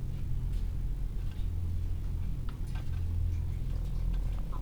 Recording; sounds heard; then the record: poultry house recording; sick chickens (respiratory disease)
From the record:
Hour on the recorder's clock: 15